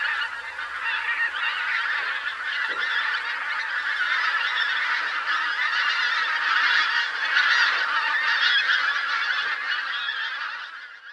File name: Oca de bec curt